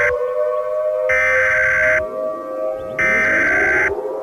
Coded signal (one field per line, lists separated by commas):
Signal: Emergency Alert System (SAME) tones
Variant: header bursts